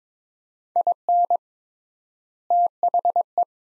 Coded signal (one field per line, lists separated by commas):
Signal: Morse code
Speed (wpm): 22 wpm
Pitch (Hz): 700 Hz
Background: none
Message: IN THE